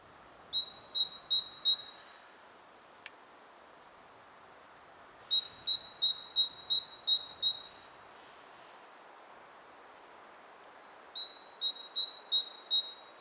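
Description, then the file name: Great tit singing: clear two-note whistles, a lower note then a higher one, repeated several times per phrase, three phrases with pauses between, over a soft steady background hiss. "Parus major"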